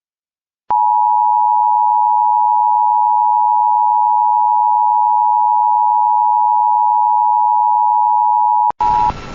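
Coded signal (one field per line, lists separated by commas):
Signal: Emergency Alert System (SAME) tones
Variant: 853 and 960 Hz attention tone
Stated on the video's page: Recreation of a radio station botching its EAS sender.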